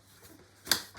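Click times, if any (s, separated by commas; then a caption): 0.7 s. The large plastic clip at the back of a Bugaboo Fox 5 Renew stroller's seat fabric is pushed over the stroller frame tube. After quiet low rustling, one sharp bright click sounds at 0.7 s and fades quickly. The clip snaps into place and is seated.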